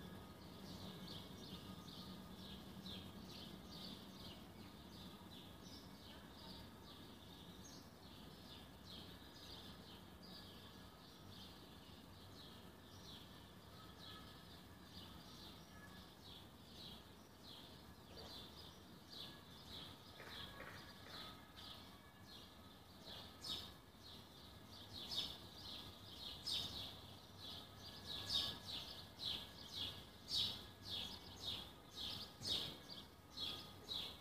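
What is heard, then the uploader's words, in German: Morning on a balcony, with a steady wash of faint outdoor noise and a low hum early on. High, thin chirping runs through the band around 4 kHz, growing livelier after about 23 seconds into a quick series of sharp, repeated calls. 1 Minute morgens auf dem Balkon at Winnenden by Christian Müller.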